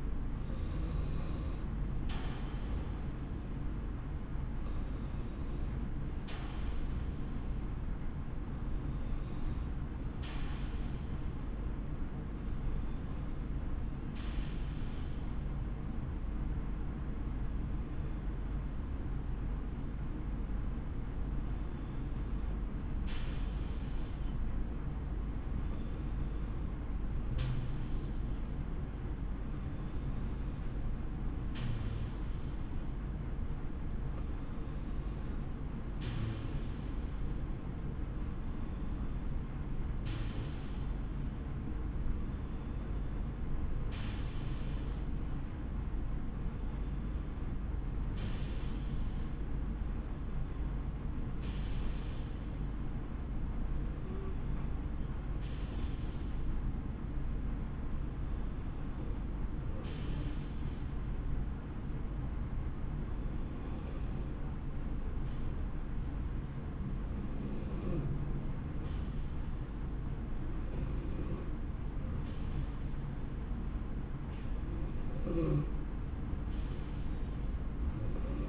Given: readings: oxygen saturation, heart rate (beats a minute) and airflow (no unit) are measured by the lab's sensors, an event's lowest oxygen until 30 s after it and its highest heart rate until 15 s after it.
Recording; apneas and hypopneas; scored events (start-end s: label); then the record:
breathing in sleep by a smartphone at the bedside; 1
11.00-70.10 s: hypopnea (N2, oxygen 93% highest, then 88% lowest, heart rate 67 at the start, 72 highest)
From the record:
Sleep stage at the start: N2 (light sleep); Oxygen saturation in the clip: 88 to 93%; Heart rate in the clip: 60 to 72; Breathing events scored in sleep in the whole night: 160 in 9.3 hours asleep